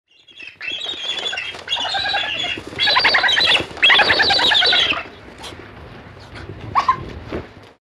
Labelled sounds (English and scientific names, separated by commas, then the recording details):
Cinereous Vulture (Aegypius monachus)
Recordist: Tembrock, Günter
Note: Rufe